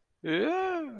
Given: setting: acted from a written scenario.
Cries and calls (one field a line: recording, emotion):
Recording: vocal sound without words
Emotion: elation